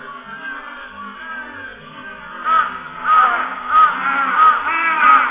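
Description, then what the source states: Large-billed crow giving a series of hoarse caws, about five calls in the second half, each well under a second apart, after a quieter start. Recorded 10 July 2005.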